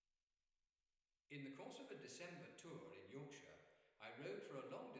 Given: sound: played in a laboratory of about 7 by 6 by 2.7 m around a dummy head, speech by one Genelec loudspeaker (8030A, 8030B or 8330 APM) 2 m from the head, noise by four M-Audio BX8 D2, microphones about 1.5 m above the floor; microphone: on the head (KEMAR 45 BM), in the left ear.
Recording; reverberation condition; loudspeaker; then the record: male speech in English; high; 60 degrees to the left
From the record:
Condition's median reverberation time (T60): about 1300 ms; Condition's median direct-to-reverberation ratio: about -4.0 dB